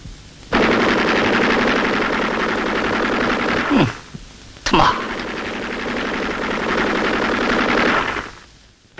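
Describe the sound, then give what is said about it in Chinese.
Sustained bursts of rapid machine-gun fire from a squad leader's group, covering a reconnaissance squad passing Hill 107, rattle continuously for several seconds, broken by a brief pause midway, then resume just as loud and dense before cutting off. “随后，侦察小分队战士在一班长等人枪声的掩护下，顺利通过了107高地。”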